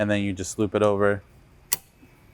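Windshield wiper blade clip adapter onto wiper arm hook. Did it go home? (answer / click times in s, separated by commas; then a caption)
yes / 1.7 s. On a 2007–2013 R56 MINI Cooper (Cooper, Cooper S, JCW), the wiper arm hook is fed through the forward channel of a new clip-on windshield wiper blade, looped over and pulled forward while someone talks. A sharp click at 1.7 s marks the blade's clip adapter seating onto the wiper arm hook, followed by quiet.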